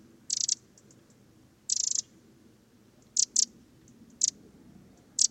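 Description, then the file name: Eurasian wren giving dry, ticking rattles, short clattering bursts of rapid clicks spaced irregularly, several bursts over steady low background hiss. "Troglodytes troglodytes"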